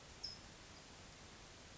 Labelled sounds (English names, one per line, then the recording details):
California Towhee
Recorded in Sonoma County, California